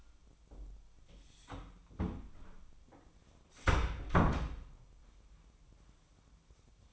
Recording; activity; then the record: daily activity, microphone in the room; close door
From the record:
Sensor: 1